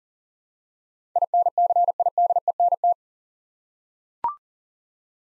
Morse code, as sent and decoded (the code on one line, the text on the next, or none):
.. -. -.-. .. -.. . -. -
INCIDENT